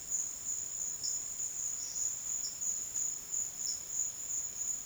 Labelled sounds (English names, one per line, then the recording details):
none
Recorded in secondary vegetation near Puerto Asís, Putumayo, Colombia, on 25 June 2025 at 12:30
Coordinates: 0.485, -76.322
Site GP06